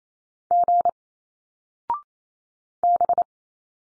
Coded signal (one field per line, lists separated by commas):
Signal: Morse code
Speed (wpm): 28 wpm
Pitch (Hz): 700 Hz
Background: none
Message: G B